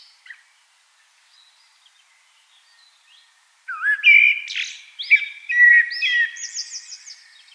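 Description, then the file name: Common blackbird singing after near silence: a low fluty note rising into mixed mellow whistles and squeaky high-pitched chirps at the end. "Turdus merula"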